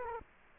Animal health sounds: mosquito wingbeat signal from an infrared sensor; Culex quinquefasciatus

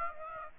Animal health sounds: mosquito wingbeat signal from an infrared sensor; Aedes aegypti

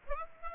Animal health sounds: mosquito wingbeat signal from an infrared sensor; Aedes aegypti

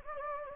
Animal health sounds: mosquito wingbeat signal from an infrared sensor; Anopheles gambiae

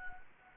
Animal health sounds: mosquito wingbeat signal from an infrared sensor; Anopheles gambiae

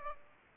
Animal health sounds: mosquito wingbeat signal from an infrared sensor; Aedes aegypti

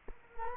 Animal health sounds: mosquito wingbeat signal from an infrared sensor; Culex quinquefasciatus

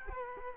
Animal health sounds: mosquito wingbeat signal from an infrared sensor; Culex quinquefasciatus

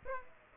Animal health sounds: mosquito wingbeat signal from an infrared sensor; Aedes aegypti

